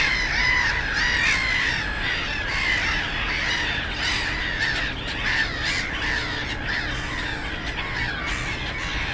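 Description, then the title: Black-headed gulls give a continuous clamour of rasping, overlapping cries, many birds calling at once, backed by a constant low road hum. Many birds on ponds in a former coal-mining area turned nature complex, Bytom, Poland; black-headed gulls loudest; nearby national road and railway noise; recorded with Zoom F4 and AT BP4025 microphone. "Żabie Doły, Bytom, Polska - Black-headed gulls at Frog Ponds complex"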